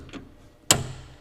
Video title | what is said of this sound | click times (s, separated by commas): Pit Boss Episode 3 - Replacing an Older Model Vacuum Valve | once you hear that click that means that it's tight and right where it needs to be | 0.7 s